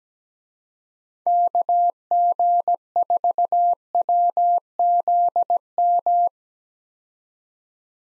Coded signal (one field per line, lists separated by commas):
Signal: Morse code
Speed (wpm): 17 wpm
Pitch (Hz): 700 Hz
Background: none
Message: KG4WZM